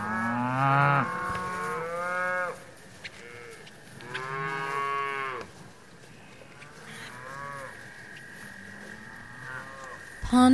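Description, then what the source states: Cows lowing in bursts, loud overlapping moos at the start and middle, quieter calls later, a steady faint hum in the background. Cows grazing in pasture.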